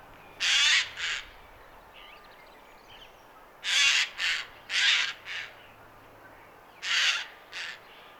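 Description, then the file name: Eurasian jay calling: loud, hoarse screeches in a few close groups, with pauses between groups. "Garrulus glandarius"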